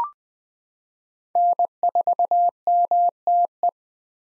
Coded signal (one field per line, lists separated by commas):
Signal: Morse code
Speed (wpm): 20 wpm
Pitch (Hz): 700 Hz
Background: none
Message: N4MTE